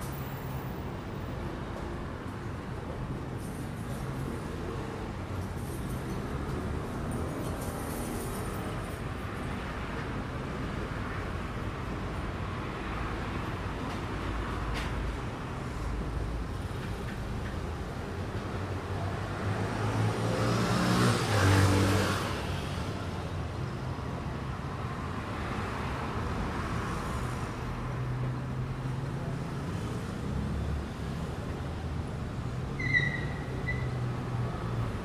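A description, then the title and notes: A hotel lobby with steady road noise outside, a low continuous rumble of passing vehicles that swells around twenty seconds as a louder car goes by. Faint talking and small clinks sit in the background, with a brief higher tone near thirty-three seconds. Waiting In The Hotel Lobby (Ambient Sounds, Road Noise, Talking). At our hotel in Playa Del Carmen, Mexico waiting in the lobby for check. The hotel lobby is an indoor/outdoor space so you will hear road noise. Spanish Speaking.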